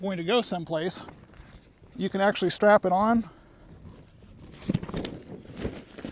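Someone talks while fitting the bag of a KEDSUM 2 in 1 Folding Cart onto its folding dolly frame and bringing the bag's back strap around it so the buckle can lock onto the dolly. Short rustling and handling knocks come around 4.8 to 5.1 s. The clip ends before the strap locks in place, so nothing has seated or clicked yet.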